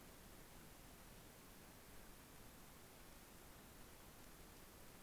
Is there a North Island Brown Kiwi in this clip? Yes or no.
no